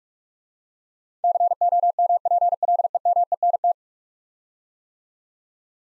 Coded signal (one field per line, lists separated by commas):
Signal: Morse code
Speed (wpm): 43 wpm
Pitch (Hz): 700 Hz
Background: none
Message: COMPLEMENT